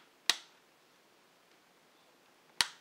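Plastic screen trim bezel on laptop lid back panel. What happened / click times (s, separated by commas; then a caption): Two plastic trim clips snap free / 0.3 s, 2.6 s. A fingernail pries the plastic screen trim bezel off the back panel of an MSI A5000-040US laptop lid, working around the edge. Two sharp plastic snaps ring out at 0.3 s and 2.6 s as the clips pop loose, with quiet in between and no talking. The bezel clips are released.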